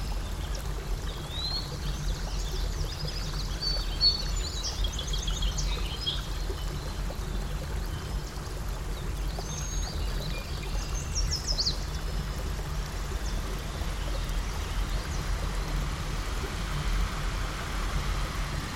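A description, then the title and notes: A river rushes steadily, a dense, even wash of water with a strong low rumble underneath and little change over the whole stretch. Faint bird chirps flicker high above the flow, most noticeably around four to six seconds and again near eleven seconds. The deep bass tones of the fall, the clashing ringing spray an infinite variety of small, low tones of the current gliding past the side of the Boulder Island and glinting against a thousand smaller stones down the Ferny channel. Follow the sounds of the Merced River in Yosemite National Park.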